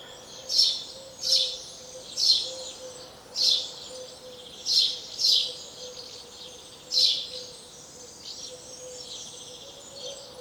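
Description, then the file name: House sparrow calls, sharp chirps repeated irregularly every second or so, seven main notes and fainter ones after, over a soft steady hum. "Passer domesticus"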